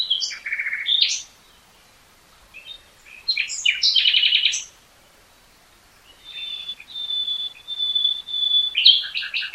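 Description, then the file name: Common nightingale song: chirps and buzzy repeated notes in two loud phrases, then a long steady high whistle before a fresh burst of sharp notes. "Luscinia megarhynchos"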